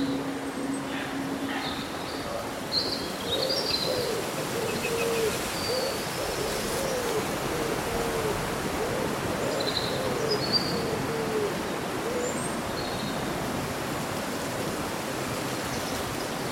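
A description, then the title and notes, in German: Rustling leaves make a steady, dense rush across all 17 seconds, with a constant low rumble underneath. Short high bird chirps and trills appear scattered throughout, clustered around 3–6 and 10–13 seconds, while a lower warbling hoot-like call wavers in the middle range. Raschelndes Laub und Vogelgesang.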